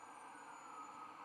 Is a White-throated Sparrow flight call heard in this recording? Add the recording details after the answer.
no. No flight call is heard. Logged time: 06:21 on 1 December 2014